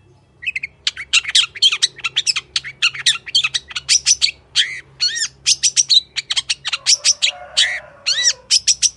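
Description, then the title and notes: Long-tailed shrike song, a rapid run of harsh buzzy notes, sharp chips and clear arched whistles, closely packed and varied throughout with hardly a pause. Wild local long-tailed shrike singing in the morning with varied 'toet toet' notes; full song used as a master recording for training and provoking caged birds to sing. "Cendet Gacor Dor Di Kala Pagi Toet Toet Variasi Suara. MASTERAN CENDET LOKAL ALAM GACOR FULL ISIAN BUAT PANCINGAN. Burung cendet"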